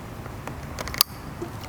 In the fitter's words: Did you hear that? A very loud, pronounced click.